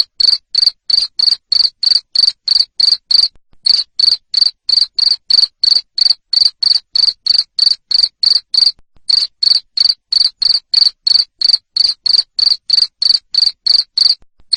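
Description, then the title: Cricket chirping: loud, high, even pulses at about three per second, with a few brief pauses and no other sounds. Loud cricket chirping ('ngerik') played to stimulate lovebirds into continuous singing ('ngekek'). "Suara JANGKRIK NGERIK Keras Bikin LOVEBIRD Jadi NGEKEK Terus Vubey"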